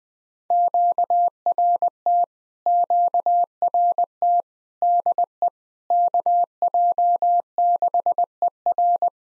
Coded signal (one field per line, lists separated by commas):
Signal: Morse code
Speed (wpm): 20 wpm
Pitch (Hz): 700 Hz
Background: none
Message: QRT QRT DE KJ6ER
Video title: POTA QSO Practice - 20wpm